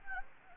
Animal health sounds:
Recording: mosquito wingbeat signal from an infrared sensor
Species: Anopheles gambiae

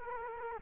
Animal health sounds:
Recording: mosquito wingbeat signal from an infrared sensor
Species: Culex quinquefasciatus

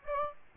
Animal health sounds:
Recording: mosquito wingbeat signal from an infrared sensor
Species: Aedes aegypti

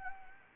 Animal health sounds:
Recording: mosquito wingbeat signal from an infrared sensor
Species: Anopheles gambiae

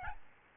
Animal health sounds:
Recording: mosquito wingbeat signal from an infrared sensor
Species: Aedes albopictus

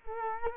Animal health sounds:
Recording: mosquito wingbeat signal from an infrared sensor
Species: Culex quinquefasciatus

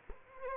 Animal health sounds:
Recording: mosquito wingbeat signal from an infrared sensor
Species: Culex quinquefasciatus

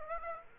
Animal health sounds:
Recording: mosquito wingbeat signal from an infrared sensor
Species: Aedes aegypti

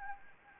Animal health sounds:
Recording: mosquito wingbeat signal from an infrared sensor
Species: Anopheles gambiae

